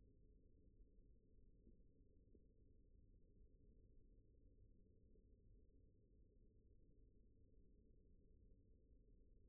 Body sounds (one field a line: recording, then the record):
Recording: forearm muscle sounds (acoustic myography)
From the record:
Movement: rest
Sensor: system 1, eight BSWA MPA416 microphones around the upper forearm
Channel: 7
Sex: male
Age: 42 years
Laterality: right